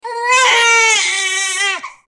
Baby crying.